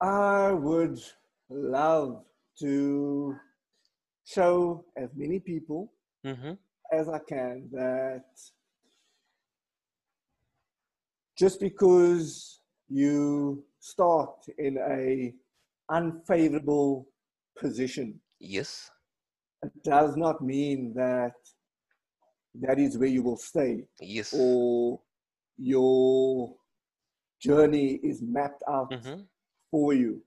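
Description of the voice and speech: Adult male speech with stretched sounds, blocks and long pauses between phrases, consistent with mild stuttering in a man who has stuttered for almost all of his life.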